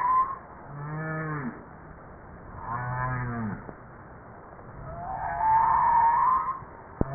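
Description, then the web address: Humpback whale moans: low harmonic tones that swoop downward, then a higher rising, wavering cry near the end, separated by short pauses, with a sharp click at the close. "JASA 2013 Blue Bowhead Fin Humpback Southern Right Whale humpback"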